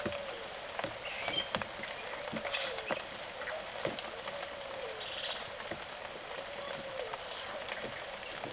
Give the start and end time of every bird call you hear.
[1.01, 6.86] bird call

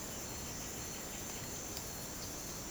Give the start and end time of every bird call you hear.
[0.09, 1.54] bird call

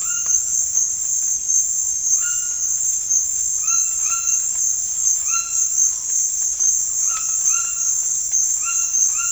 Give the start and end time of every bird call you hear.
[0.00, 0.58] bird call
[2.17, 2.68] bird call
[3.60, 4.40] bird call
[5.23, 6.02] bird call
[7.00, 7.94] bird call
[8.53, 9.32] bird call

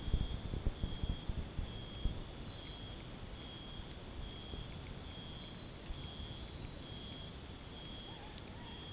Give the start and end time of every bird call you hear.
[8.04, 8.92] bird call

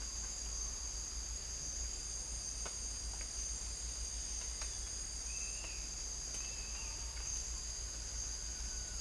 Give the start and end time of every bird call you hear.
[5.26, 5.91] bird call
[6.30, 7.03] bird call

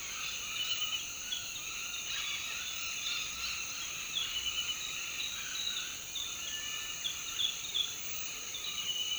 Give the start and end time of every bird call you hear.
[2.08, 3.78] bird call

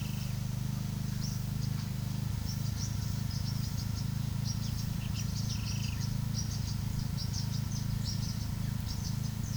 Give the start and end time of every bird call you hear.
[0.00, 0.58] bird call
[1.13, 9.56] bird call

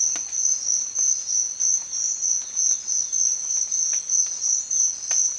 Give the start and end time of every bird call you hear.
[1.52, 4.95] bird call

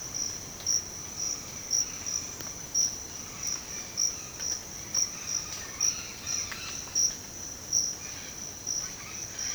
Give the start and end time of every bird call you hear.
[3.72, 6.85] bird call
[8.03, 9.55] bird call

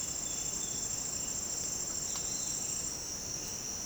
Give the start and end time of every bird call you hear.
[1.98, 2.53] bird call

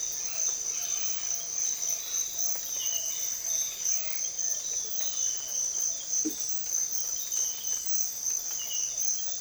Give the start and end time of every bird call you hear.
[0.00, 4.15] bird call

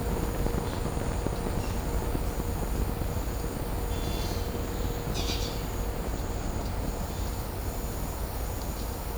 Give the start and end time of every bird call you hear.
[5.14, 5.52] bird call

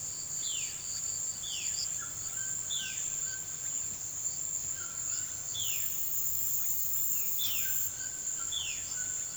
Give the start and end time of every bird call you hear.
[0.41, 0.79] bird call
[1.43, 3.73] bird call
[4.71, 5.97] bird call
[7.34, 8.96] bird call

